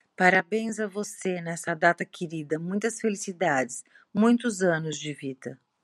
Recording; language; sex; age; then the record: short text; Brazilian Portuguese; female; 50 to 59 years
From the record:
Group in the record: control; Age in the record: 56 years